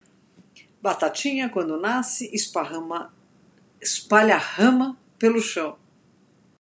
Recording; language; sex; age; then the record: short text; Brazilian Portuguese; female; 50 to 59 years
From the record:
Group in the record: control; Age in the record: 50 years